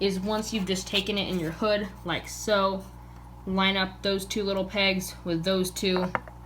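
An LED indicator module is held in an Aqueon 75 aquarium filter hood while its two small plastic pegs are lined up with the matching holes. Someone talks over faint handling sounds. The module is still being handled, and nothing has seated or clicked yet.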